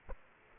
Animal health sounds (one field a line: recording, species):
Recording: mosquito wingbeat signal from an infrared sensor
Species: Aedes aegypti